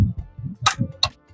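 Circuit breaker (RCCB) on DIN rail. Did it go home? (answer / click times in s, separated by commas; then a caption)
yes / 0.7 s, 1.0 s. A 40 A, 30 mA RCCB is placed on the DIN rail inside a plastic meter box, and its lock clip is lifted until it clicks. Sharp, bright clicks at 0.7 s and 1.0 s rise over low rumbling handling noise. The breaker is locked onto the rail and will not come off.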